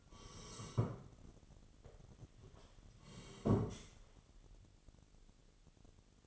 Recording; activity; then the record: daily activity, microphone in the room; sit down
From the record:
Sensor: 4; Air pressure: 1016.1 hPa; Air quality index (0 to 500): 184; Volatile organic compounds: 8 ppm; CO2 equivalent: 2094 ppm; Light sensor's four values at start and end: 9/20/8/7 and 9/19/8/7